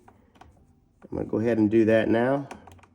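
Someone handles the larger door-function wiring harness connector for the locking functions before plugging it into the door panel switch harness during a 2014 Ford Explorer interior door panel replacement. Faint handling ticks sound near the start and end, and someone talks in between. Nothing has seated or clicked yet.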